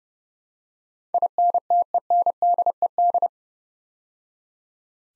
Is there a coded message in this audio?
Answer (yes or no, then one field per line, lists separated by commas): yes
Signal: Morse code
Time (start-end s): 1.1-3.3 s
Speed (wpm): 29 wpm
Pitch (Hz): 700 Hz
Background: none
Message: INTENDED